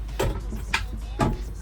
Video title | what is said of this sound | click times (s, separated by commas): LJ Tutorials Mt Buffalo Lounge Conversion | You will hear it click in, | 0.7 s